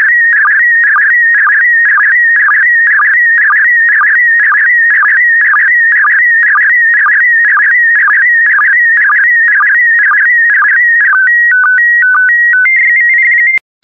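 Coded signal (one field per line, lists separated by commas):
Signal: SSTV (slow-scan television)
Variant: PD120 mode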